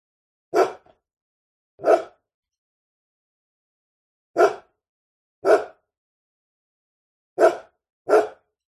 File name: zapsplat animals dog medium sized barking med close long